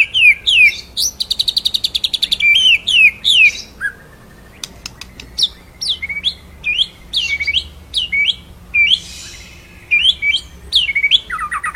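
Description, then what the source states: White-rumped shama song of repeated down-slurred whistles and fast trilled runs, phrases coming in quick succession. Masteran, a training song played for songbirds to learn; full rolling song with shooting phrases.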